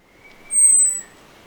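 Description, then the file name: Common blackbird giving a single thin, high-pitched, level whistle, with a fainter lower tone running through the recording against quiet background noise. "Turdus merula"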